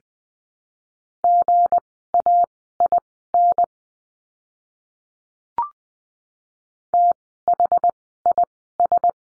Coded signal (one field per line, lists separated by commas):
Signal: Morse code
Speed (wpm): 20 wpm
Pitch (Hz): 700 Hz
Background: none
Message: GAIN THIS